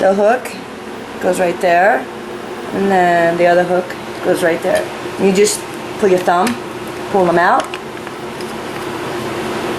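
A spring-loaded hook on a dog wheelchair's back harness is being handled near the wheelchair frame while someone talks, with a steady background hum. Nothing has seated or clicked into place yet.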